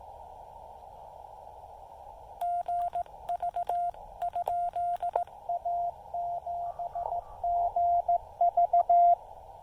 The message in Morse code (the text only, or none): GV? A7GV